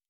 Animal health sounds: hydrophone in a shrimp aquaculture tank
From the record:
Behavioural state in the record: normal

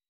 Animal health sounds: hydrophone in a shrimp aquaculture tank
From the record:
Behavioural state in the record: weakened

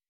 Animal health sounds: hydrophone in a shrimp aquaculture tank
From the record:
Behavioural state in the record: weakened

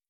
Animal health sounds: hydrophone in a shrimp aquaculture tank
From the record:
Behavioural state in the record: starved

